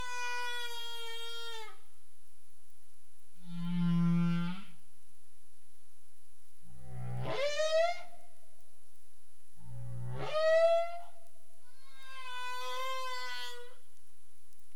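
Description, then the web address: Humpback whale calls: a long harmonic tonal moan, a low buzzy grunt, then two sweeping upward whoops about three seconds apart, ending with another harmonic moan. Caribbean, recorded 27 April 2035 at 22:17 UTC. "CARIMAM. humpback whale"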